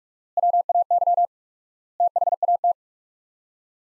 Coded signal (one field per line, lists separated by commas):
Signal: Morse code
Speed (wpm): 42 wpm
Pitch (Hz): 700 Hz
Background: none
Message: WAY THAT